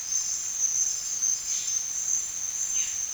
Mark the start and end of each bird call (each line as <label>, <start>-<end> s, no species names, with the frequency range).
bird call (1.3-5.1 kHz), 1.47-3.01 s